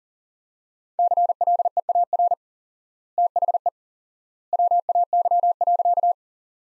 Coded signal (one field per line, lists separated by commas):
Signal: Morse code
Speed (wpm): 40 wpm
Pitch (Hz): 700 Hz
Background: none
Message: CLEAR THE WAY.